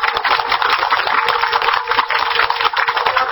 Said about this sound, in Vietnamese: Cho một tràng pháo tay.